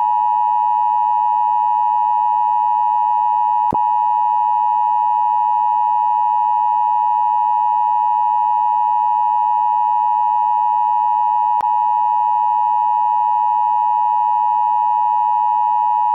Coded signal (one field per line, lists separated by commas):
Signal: Emergency Alert System (SAME) tones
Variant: 853 and 960 Hz attention tone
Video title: EAS pizza hut noaa 2